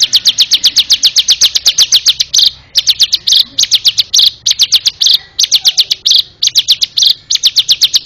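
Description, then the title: Bar-winged prinia song, fast runs of thin, high chipping notes broken by brief gaps and occasional louder, fuller notes. "Suara Burung Ciblek"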